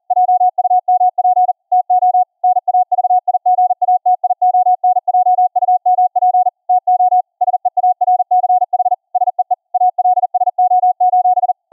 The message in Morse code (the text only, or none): JUMP TO NAVIGATION JUMP TO SEARCH SEE ALSO: